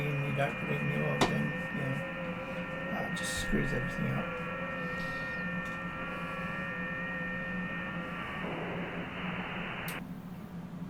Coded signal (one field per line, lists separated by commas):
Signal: FT8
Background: speech